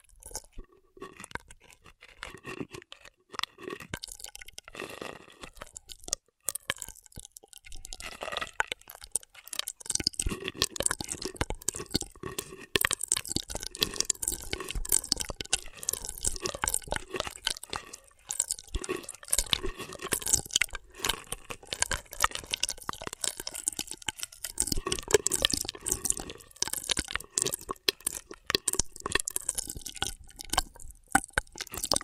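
Intense straw triggers: rapid crinkly crunching and clicking with wet, dripping pops, bright and crackly. Sparse and quieter for the first eight seconds or so, then dense and steady to the end, with brief pauses near 18 and 24 seconds.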